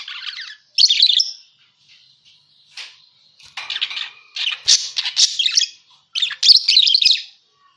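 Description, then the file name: Parakeet calls: harsh squawks and chirpy chatter in short irregular bursts, with near-silent gaps between them. Lure sound used for catching parakeets. "pancingan suara burung parkit"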